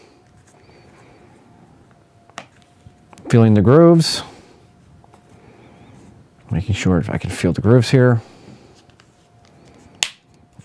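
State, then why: Seated. The two plastic halves of a LifeProof Fre waterproof case for an iPhone 5/5s are pressed together around the phone while someone talks, with faint small ticks and handling sounds in between. A sharp, loud snap at 10.0 s marks an edge seating as the case snaps closed around the phone.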